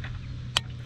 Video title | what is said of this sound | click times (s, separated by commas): Birthday Ride out / New Injectors in the home /ATOTO | Just a therapeutic little click to know it's seated nicely. | 0.6 s